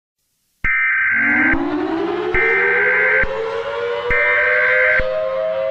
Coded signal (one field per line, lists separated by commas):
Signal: Emergency Alert System (SAME) tones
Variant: header bursts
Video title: The Entity (EAS SCENARIO)